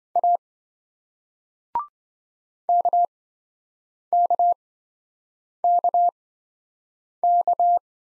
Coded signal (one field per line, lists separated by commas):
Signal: Morse code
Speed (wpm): 28 wpm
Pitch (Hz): 700 Hz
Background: none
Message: A KKKK